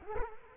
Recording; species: mosquito wingbeat signal from an infrared sensor; Culex quinquefasciatus